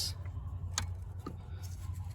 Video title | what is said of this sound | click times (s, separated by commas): DIY - 2014 Kia Sportage 2.0 CRDI: Change the diesel fuel filter | there was a click yeah second connector | 0.8 s